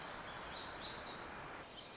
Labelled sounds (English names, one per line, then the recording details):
Black-throated Gray Warbler
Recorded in Sonoma County, California